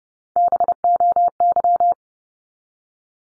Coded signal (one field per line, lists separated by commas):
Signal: Morse code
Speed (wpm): 30 wpm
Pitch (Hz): 700 Hz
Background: none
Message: BOY